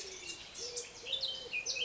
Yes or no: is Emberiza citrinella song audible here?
no